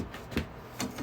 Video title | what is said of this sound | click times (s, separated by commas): Lathe Dust Shroud: A Solution to a Longtime Problem | Snaps in place, no big deal, but the dust still collected on top of it. | 0.4 s, 0.8 s